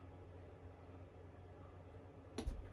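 A small plastic side mirror is pressed onto the body of an RC scale truck. After a steady low hum, a sharp snap sounds at 2.4 s, with a second knock just after, as the mirror seats into place.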